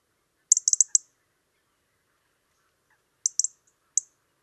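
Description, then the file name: European robin calling with hard, clicking ticks: a rapid run of four or five, a pause of over two seconds, then three more. "Erithacus rubecula"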